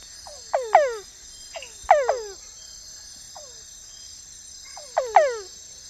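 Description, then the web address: Peters' dwarf frog calls: short, sharply falling whine-like notes, often in close pairs, with fainter notes between, over a steady high hum. Recorded in the Ecuadorian Amazon. "Natures Songs S America Frogs of Ecuadorian Amazon Physalaemus petersi"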